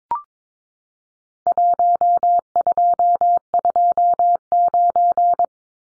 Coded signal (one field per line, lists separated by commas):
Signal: Morse code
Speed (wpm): 22 wpm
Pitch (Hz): 700 Hz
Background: none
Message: 1229